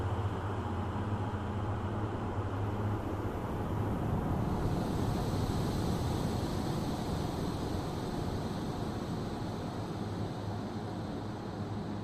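A deep, steady hum drones through a cave, layered over a dense, rolling wash of waves that never fully breaks apart. Low tones are clearest in the first few seconds. Around the fourth second a brighter hiss rises and lingers to the end.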